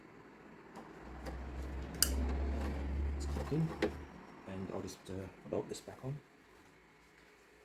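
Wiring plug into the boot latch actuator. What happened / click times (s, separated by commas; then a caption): The wiring connector clicked home / 2.0 s. The electrical wiring plug is pushed back into the boot/trunk latch actuator of a 2013–2018 Kia Cerato, Forte, or K3 during its replacement, while someone talks. One sharp click is heard at 2.0 s as the connector seats. Afterward the latch is to be bolted back in.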